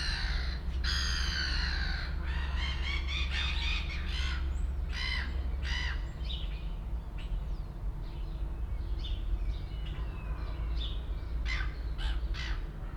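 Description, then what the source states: Gull calls, a run of rapid harsh squawks for the first several seconds, then fainter scattered notes, all over a continuous low drone. Recorded at Port Chalmers in 2018.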